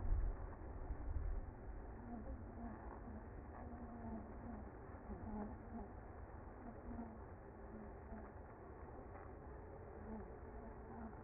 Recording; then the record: honeybee colony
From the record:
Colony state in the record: active